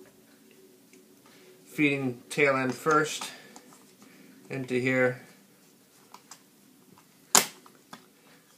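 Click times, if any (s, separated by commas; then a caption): 7.4 s. The tail end of a water-fed pole's hose assembly is fed into the pole housing and pushed home while someone talks. Small handling clicks are followed by one sharp, loud snap at 7.4 s as the fitting seats into place.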